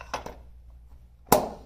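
A plastic wheel for a Beach Cart Folding Mini is handled with a few light clinks. It is then pushed onto the other end of the metal cart axle. A loud, sharp click at 1.3 s shows the second wheel is seated on the axle.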